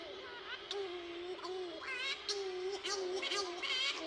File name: corys shearwater